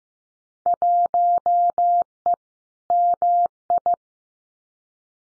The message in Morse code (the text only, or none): 1E MI